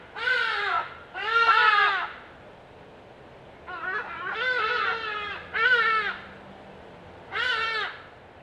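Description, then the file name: Hadada ibis: loud, raucous honking calls in several separate bursts, with quiet pauses between. Calls recorded in Pretoria on 24 May 2022 at 06:53. "Bostrychia hagedash hagadash, roepe in Pta, 2022-05-24 06 h 53"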